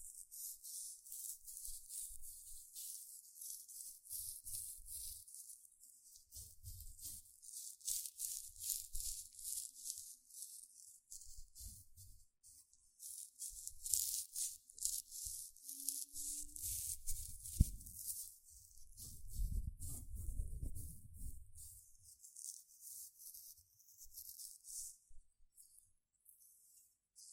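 Gentle scratching runs through the whole clip as a steady, dense hiss of fine rasping strokes in the high range, pulsing in quick irregular bursts. Soft low thumps recur every few seconds, with a brief tone near 16 seconds and a heavier rumbling passage around 19–21 seconds.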